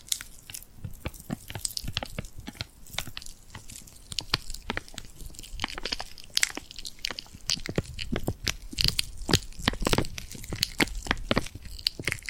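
Tingly glued hand sounds: sticky, crackling peels and taps as hands pull apart and press together. Dense, irregular clicks and crunchy snaps come several times a second throughout, bright and crisp, with a faint low hiss underneath and no steady rhythm.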